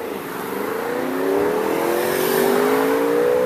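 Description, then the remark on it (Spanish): A motorcycle engine drones past, its buzzing tone climbing steadily in pitch as it accelerates, loud and continuous over a rushing background with no voices. “¿Escuchaste la moto?”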